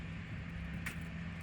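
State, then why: Released. A key is turned back in a keyed door lever lockset, and the retracted metal latch bolt snaps back out with a short click at 0.9 s over a steady low hum. The latch is released again and the door stays locked.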